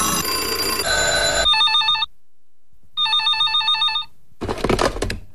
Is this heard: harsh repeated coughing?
no